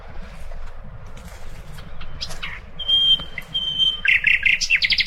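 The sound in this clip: Common nightingale song: quiet scattered notes, long pure whistles, then a fast burst of repeated rattling notes, against a low background hum.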